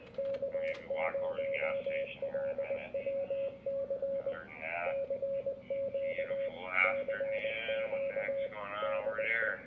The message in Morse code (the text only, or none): K0LWC CQ CQ DE